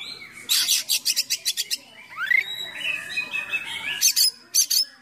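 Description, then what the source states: Oriental magpie-robin song of rapid rattling bursts, a rising whistled slur, then a warbling passage and further harsh chatters. Full, lively song packed with imitations of other birds, a style called gacor full isian.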